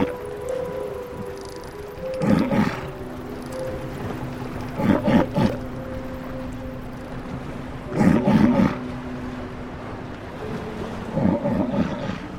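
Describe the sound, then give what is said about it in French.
Deep, rough bellowing calls from a walrus come in four bursts of quick pulsing grunts, spaced a few seconds apart over a steady low hum with faint wash of sea. “Pas si bête, une chronique sur le monde sonore animal. Aujourd'hui, le morse.”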